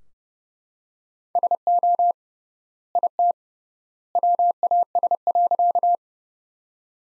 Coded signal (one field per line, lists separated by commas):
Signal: Morse code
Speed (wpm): 32 wpm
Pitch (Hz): 700 Hz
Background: none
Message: SO IT WAS.